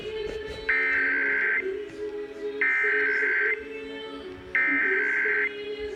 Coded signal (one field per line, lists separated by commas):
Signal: Emergency Alert System (SAME) tones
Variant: header bursts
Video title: EAS #120 National Periodic Test